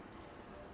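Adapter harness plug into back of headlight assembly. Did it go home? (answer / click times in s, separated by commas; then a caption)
no / none. A plug-and-play adapter harness plug is handled at the back of an aftermarket Morioto LED headlight housing for an FRS, with only a steady, even background noise and no distinct sounds. The plastic connector has not seated or clicked yet.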